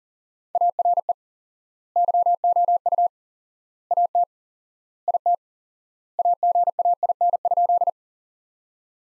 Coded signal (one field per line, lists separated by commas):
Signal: Morse code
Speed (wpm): 40 wpm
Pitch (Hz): 700 Hz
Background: none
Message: ARE YOU AT IT AGAIN?